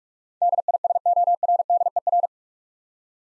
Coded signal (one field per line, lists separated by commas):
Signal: Morse code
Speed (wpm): 42 wpm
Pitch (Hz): 700 Hz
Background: none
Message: DISORDER